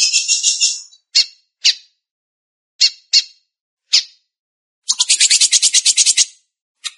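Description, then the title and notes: Belgian canary song opening with a rolling trill, then several separate sharp chirps spaced apart, ending in a long fast rattling trill and one final note. "Canario Belga, nyonyastudio"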